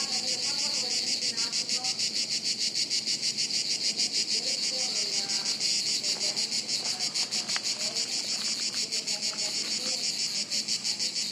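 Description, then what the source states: Cicadas in dense chorus, a high pulsing buzz; faint twittering notes come and go beneath the drone. Chorus of cicadas high in the trees overhead, woods near Sirolo, Italy, hot afternoon, August 23.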